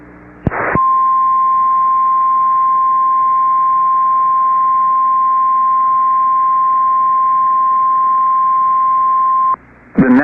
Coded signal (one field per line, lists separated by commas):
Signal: Emergency Alert System (SAME) tones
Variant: 1050 Hz attention tone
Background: speech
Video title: Emergency Alert System Flash Flood Warning | Sound Effect | SFX | LA County